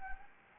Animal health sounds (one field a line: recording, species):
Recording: mosquito wingbeat signal from an infrared sensor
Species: Anopheles gambiae